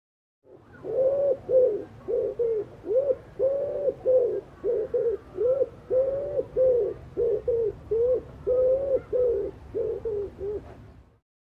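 Bird cooing: many low, soft coos in a long run, some doubled.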